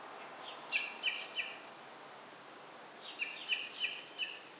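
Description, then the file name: Common blackbird calling with hard, metallic chinks, a run of three and then a run of four, about three each second, with a quiet gap between. "Turdus merula"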